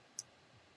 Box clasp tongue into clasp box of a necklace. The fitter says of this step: hear that? It just clicked.